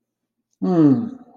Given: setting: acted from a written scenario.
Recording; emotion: vocal sound without words; romantic love